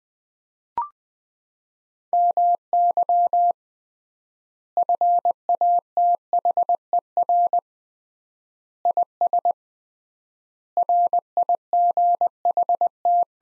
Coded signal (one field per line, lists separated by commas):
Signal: Morse code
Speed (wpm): 20 wpm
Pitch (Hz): 700 Hz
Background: none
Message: MY FATHER IS RIGHT